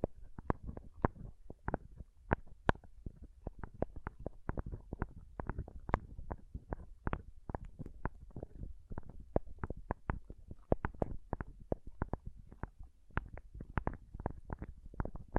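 Pom pom tingles: a steady stream of soft, muffled pats and squishes, about three or four per second at an uneven pace. The sounds are mostly low and dull, with an occasional brighter tap standing out, and a faint hush lies between them.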